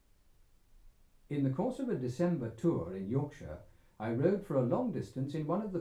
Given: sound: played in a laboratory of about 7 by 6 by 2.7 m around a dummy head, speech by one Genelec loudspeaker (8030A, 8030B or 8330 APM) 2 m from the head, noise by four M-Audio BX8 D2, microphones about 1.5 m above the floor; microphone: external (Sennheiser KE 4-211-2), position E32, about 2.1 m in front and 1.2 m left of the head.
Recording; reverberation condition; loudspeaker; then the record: male speech in English; low; 60 degrees to the left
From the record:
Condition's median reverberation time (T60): about 310 ms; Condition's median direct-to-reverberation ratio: about 3.5 dB